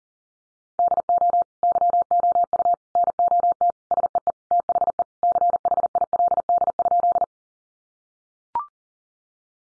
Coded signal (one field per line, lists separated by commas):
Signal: Morse code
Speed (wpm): 40 wpm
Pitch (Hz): 700 Hz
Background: none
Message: DO YOU NOT SEE THE CHILD?